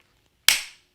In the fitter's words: this is how it happens folks it i mean when they lock into place i mean listen to this audible sound